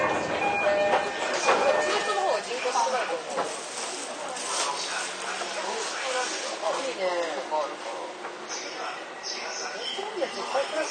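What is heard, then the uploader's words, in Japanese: Aboard a JR East 231 series train between Itō and Yokohama, a steady rushing hiss from the moving train runs throughout at an even level. Voices chatter over it almost continuously, and a brief steady tone sounds during the first two seconds. JRE231系 伊東〜横浜。区間は伊東線→東海道線です。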